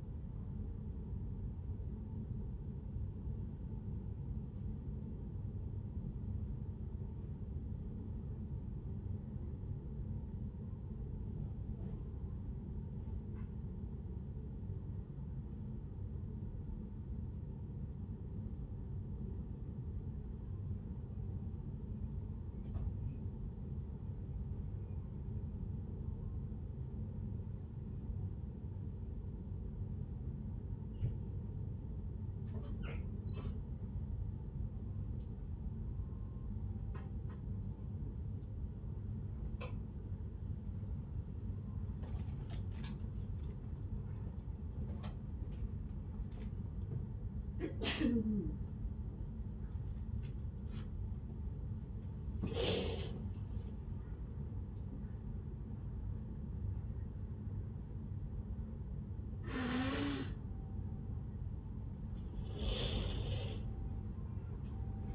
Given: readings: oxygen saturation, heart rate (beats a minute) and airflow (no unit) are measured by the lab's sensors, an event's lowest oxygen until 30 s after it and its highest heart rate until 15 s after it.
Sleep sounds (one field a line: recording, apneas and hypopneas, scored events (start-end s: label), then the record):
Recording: a person awake in a sleep study, by a smartphone at the bedside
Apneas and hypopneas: none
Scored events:
0.00-65.15 s: awake
From the record:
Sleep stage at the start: awake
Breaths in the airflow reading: 25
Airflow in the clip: -0.6 to 0.7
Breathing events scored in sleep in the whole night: 131 in 7.2 hours asleep